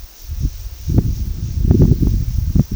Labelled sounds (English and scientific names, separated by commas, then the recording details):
none
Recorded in secondary vegetation near Puerto Asís, Putumayo, Colombia, on 21 February 2024 at 12:30
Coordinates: 0.500, -76.326
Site G6428